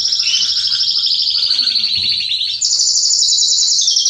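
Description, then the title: Belgian canary song, a continuous high rolling trill that glides gently downward, then jumps to a brighter, higher trill for just over a second before dropping back lower at the very end. Male Belgian canary singing a lot, to warm up young and adult canaries. "Esquente Seu Filhote E Canario Belga Em 30 Minutos Macho Cantando Muito"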